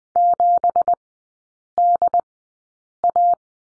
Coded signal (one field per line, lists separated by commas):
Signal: Morse code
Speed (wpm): 20 wpm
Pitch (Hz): 700 Hz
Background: none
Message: 7DA